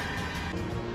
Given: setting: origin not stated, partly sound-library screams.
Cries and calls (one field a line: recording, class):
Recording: one-second piece from a danger detection set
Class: woman in danger